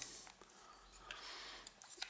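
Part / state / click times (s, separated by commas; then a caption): 3D-printed retaining part into the lock body / not seated / none. A 3D-printed plastic retaining part of a disc detainer lock is handled and pushed in from the other side of the lock body, producing faint rustling and a few small ticks. Nothing has seated or clicked yet.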